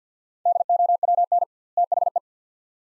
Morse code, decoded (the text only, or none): DOWN THE